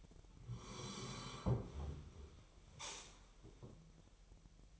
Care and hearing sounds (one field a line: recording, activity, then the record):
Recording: daily activity, microphone in the room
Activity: sit down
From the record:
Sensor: 1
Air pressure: 1002.0 hPa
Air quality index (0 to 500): 241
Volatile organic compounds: 102 ppm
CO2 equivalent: 3768 ppm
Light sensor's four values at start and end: 10/23/9/11 and 10/24/10/11